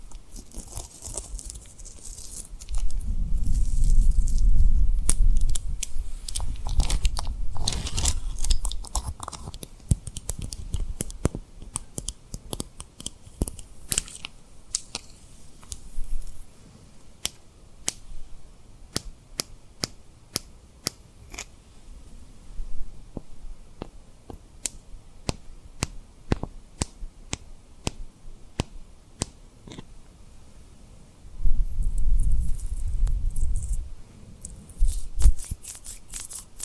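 Tapping and rubbing on rhinestones: sharp clicking taps throughout, with heavier low rubbing swells around 3–9 seconds and again near 32–36.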